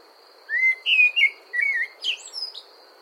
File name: Amsel Gesang